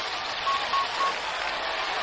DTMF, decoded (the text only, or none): none